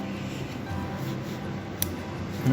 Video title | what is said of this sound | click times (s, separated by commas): Fixing a wiring issue on my motorcycle. | heard the second one click | 1.8 s